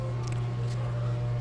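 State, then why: Not seated. During a JB4 install on a 2007 BMW 335i, a plastic wiring-harness connector is handled near its mating engine sensor connector, to be plugged in and secured with its retaining clip. A steady low hum runs throughout, with a brief faint tick at 0.3 s. Nothing has seated or clicked yet.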